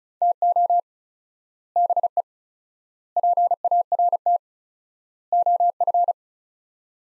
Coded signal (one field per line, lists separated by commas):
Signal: Morse code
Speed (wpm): 36 wpm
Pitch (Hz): 700 Hz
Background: none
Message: TO BE PART OF